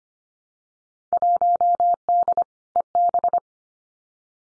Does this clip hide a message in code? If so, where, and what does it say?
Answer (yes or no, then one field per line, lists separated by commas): yes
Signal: Morse code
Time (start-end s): 1.1-3.4 s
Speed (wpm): 25 wpm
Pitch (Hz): 700 Hz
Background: none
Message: 1D EB